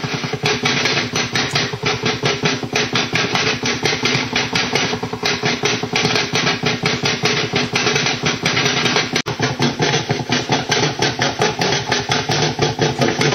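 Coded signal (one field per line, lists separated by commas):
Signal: radar signal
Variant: over-the-horizon radar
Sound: rapid, steady, harsh tapping buzz repeating several times a second, like a woodpecker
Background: radio static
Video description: I caught this strange OTHR like signal while surfing the websdr site sounding very much like the old classic Russian Woodpecker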